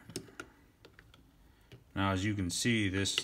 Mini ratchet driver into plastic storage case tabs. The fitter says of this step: this kind of snaps into place it's got these little tabs it snaps in and holds in place right there